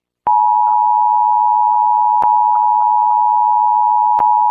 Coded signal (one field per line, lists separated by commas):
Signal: Emergency Alert System (SAME) tones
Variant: 853 and 960 Hz attention tone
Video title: Another EAS Amber Alert I Made